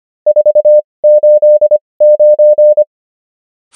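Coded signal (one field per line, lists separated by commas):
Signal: Morse code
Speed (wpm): 25 wpm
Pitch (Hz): 600 Hz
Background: none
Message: 489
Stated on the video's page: Morse code practice of numbers with 25wpm character speed and 20wpm word speed, Farnsworth spacing.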